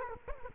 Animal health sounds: mosquito wingbeat signal from an infrared sensor; Culex quinquefasciatus

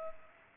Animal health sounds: mosquito wingbeat signal from an infrared sensor; Culex pipiens

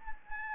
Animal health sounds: mosquito wingbeat signal from an infrared sensor; Anopheles gambiae

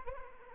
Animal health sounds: mosquito wingbeat signal from an infrared sensor; Anopheles arabiensis

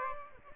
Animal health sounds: mosquito wingbeat signal from an infrared sensor; Aedes aegypti

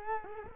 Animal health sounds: mosquito wingbeat signal from an infrared sensor; Culex quinquefasciatus

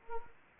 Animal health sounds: mosquito wingbeat signal from an infrared sensor; Anopheles gambiae

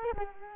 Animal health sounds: mosquito wingbeat signal from an infrared sensor; Culex quinquefasciatus

